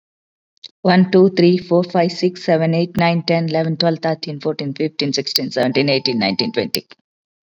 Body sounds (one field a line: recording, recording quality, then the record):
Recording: counting at a fast pace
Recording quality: excellent, no background noise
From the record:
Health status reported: COVID-19 positive, mild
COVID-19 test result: positive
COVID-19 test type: RT-PCR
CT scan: not taken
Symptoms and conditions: cold, sore throat, fever, fatigue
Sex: female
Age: 51 years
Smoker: no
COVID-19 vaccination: both doses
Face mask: not worn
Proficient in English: yes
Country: India